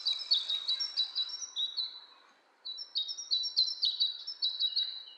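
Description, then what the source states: Bird chirps, high sharp notes in rapid runs, a short pause, then another quick chattering series over faint background hiss. Two birds interacting; lo-fi.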